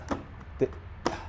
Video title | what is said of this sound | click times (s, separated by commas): Stop Smoke Alarm Chirping in 5 Minutes (Easy DIY Fix) | and it's locked into place. | 1.1 s